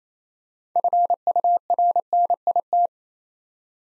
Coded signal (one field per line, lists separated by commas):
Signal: Morse code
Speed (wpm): 29 wpm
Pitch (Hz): 700 Hz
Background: none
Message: FURNIT